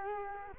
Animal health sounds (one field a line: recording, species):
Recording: mosquito wingbeat signal from an infrared sensor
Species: Culex quinquefasciatus